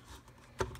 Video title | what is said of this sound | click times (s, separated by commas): SG700 Drone Review | slide it out and it just locks into place all the legs and | 0.6 s